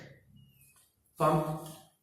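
A KTM 790 motorcycle fuel pump is being slid delicately into its plastic cage in the tank. Faint low handling noise fills the first second, then a short silence, and someone talks loudly from about 1.2 s. Nothing has seated or clicked yet.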